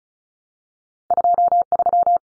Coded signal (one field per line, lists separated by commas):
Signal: Morse code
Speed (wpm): 34 wpm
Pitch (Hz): 700 Hz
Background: none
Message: 23